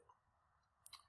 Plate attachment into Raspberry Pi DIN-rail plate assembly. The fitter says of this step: but that snapped right in there